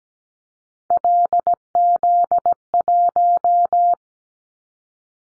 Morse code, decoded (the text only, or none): LZ1